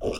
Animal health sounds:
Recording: pig call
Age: piglet (1 to 25 days)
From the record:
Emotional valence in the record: negative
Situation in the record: crushing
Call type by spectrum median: low-frequency call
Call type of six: mixed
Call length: 0.21 s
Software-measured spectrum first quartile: 356 Hz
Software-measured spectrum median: 549 Hz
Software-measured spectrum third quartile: 1383 Hz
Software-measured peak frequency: 427 Hz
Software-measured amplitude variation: 155 dB a second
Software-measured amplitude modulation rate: 21.7 a second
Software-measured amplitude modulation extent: 7.2 dB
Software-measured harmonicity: 2.1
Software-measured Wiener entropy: -1.72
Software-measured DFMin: 1054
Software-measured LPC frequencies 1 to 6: 497, 1088, 2543, 2860, 3646, 4983 Hz

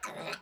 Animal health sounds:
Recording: pig call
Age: piglet (1 to 25 days)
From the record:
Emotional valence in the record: negative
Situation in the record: restrain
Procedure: back test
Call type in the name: low-frequency call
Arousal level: medium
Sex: male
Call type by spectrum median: low-frequency call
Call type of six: low-frequency stable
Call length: 0.42 s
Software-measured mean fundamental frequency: 48 Hz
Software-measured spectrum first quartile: 870 Hz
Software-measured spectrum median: 1653 Hz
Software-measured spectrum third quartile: 3372 Hz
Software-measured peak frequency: 1278 Hz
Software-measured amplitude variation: 145 dB a second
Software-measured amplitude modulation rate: 17.8 a second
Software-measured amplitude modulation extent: 8.1 dB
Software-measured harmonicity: 1.1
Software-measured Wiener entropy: -1.36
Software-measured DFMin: 1082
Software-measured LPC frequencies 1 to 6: 664, 1356, 2517, 3831, 4175, 6159 Hz

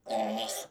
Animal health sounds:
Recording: pig call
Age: piglet (1 to 25 days)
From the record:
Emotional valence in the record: negative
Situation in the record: restrain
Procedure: back test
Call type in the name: low-frequency call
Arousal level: low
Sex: female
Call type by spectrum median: low-frequency call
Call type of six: mixed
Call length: 0.71 s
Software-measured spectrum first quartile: 603 Hz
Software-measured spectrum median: 1241 Hz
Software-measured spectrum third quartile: 5233 Hz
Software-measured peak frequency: 567 Hz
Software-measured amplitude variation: 147 dB a second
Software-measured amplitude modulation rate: 24.7 a second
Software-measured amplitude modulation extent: 6.0 dB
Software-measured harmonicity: 1.8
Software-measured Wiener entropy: -2.72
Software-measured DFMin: 865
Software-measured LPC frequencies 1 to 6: 706, 2085, 3136, 4386, 5687, 6803 Hz

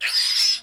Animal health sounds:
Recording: pig call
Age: piglet (1 to 25 days)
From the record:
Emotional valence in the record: negative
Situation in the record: castration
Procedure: castration, fixation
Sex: male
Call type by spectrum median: high-frequency call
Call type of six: mixed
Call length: 0.64 s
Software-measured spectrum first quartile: 3524 Hz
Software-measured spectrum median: 4814 Hz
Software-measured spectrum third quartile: 5321 Hz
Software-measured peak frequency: 5220 Hz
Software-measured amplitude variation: 129 dB a second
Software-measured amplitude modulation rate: 16.5 a second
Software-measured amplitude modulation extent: 7.8 dB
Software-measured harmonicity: 5.0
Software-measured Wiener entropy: -2.52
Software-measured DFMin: 711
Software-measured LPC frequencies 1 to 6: 1904, 2566, 3406, 4143, 5226, 7068 Hz

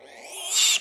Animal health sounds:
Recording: pig call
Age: piglet (1 to 25 days)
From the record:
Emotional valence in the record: negative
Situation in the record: restrain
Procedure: in the arms of a person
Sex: male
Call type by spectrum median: high-frequency call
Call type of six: mixed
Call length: 0.81 s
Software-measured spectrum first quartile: 3472 Hz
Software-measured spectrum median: 5277 Hz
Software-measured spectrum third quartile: 7431 Hz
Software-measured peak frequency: 7457 Hz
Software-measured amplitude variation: 100 dB a second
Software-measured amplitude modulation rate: 17.4 a second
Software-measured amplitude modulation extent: 5.8 dB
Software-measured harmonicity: 3.5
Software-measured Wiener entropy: -2.09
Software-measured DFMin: 968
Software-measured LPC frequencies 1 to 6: 850, 2861, 3614, 4678, 5606, 6185 Hz

